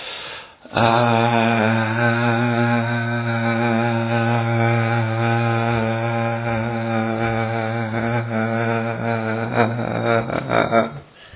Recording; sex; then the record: sustained vowel /a/; male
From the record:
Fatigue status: no fatigue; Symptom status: symptomatic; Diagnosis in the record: COVID-19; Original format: 3gp